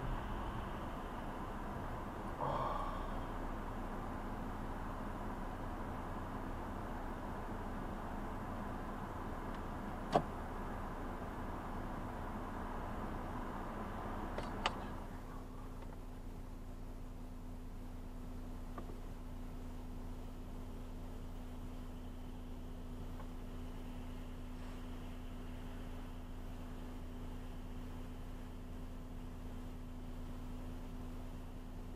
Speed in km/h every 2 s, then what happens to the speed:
0, 0, 0, 0, 0, 0, 0, 0, 0, 0, 0, 0, 0, 0, 0, 0.
0-32 standing.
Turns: none.